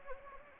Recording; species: mosquito wingbeat signal from an infrared sensor; Anopheles gambiae